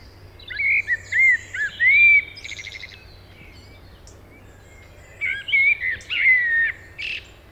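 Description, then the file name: Common blackbird song: two fluted, warbling phrases, each ending in a squeaky high twitter, separated by a few seconds of quiet, over a low steady hum. "Turdus merula"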